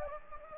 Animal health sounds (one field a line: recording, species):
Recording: mosquito wingbeat signal from an infrared sensor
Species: Anopheles gambiae